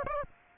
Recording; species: mosquito wingbeat signal from an infrared sensor; Aedes aegypti